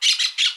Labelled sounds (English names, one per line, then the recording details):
Brown-throated Parakeet contact call
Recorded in Aruba
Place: Cunucu Arikok, S side of Ceru Arikok
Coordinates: 12.502, -69.950